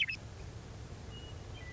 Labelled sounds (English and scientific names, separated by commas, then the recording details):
Western Meadowlark (Sturnella neglecta)
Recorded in Sonoma County, California